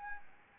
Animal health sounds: mosquito wingbeat signal from an infrared sensor; Anopheles arabiensis

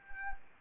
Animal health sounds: mosquito wingbeat signal from an infrared sensor; Anopheles arabiensis

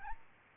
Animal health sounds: mosquito wingbeat signal from an infrared sensor; Aedes albopictus

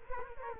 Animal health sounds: mosquito wingbeat signal from an infrared sensor; Culex quinquefasciatus

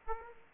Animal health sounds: mosquito wingbeat signal from an infrared sensor; Aedes aegypti

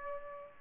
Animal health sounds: mosquito wingbeat signal from an infrared sensor; Aedes aegypti

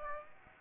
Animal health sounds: mosquito wingbeat signal from an infrared sensor; Aedes aegypti

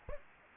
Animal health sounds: mosquito wingbeat signal from an infrared sensor; Aedes aegypti

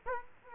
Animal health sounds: mosquito wingbeat signal from an infrared sensor; Culex quinquefasciatus

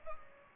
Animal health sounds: mosquito wingbeat signal from an infrared sensor; Culex pipiens

